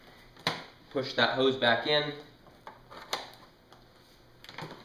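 The detachable canister of a Shark Navigator vacuum is set on top of the floor head (floor nozzle base) and pushed down, giving a single sharp click at 0.5 s as it seats into place. Someone talks afterward, with a few more short knocks around 2.7 s, 3.1 s and 4.5 s.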